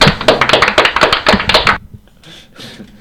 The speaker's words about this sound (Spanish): Y bueno, después de estas alentadoras felicitaciones que acabamos de recibir, aplausos més emotivos.